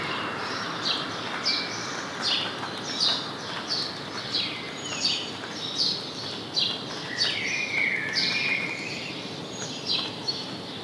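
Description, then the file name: House sparrow chirps, short bright notes falling in pitch, repeated irregularly over a steady hiss of background noise. "Passer domesticus"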